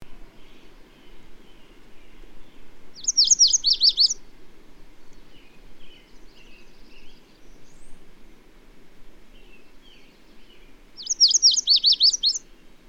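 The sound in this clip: Bird song: two short bursts of rapid, high, sweeping notes about eight seconds apart, with faint twittering between over steady background noise.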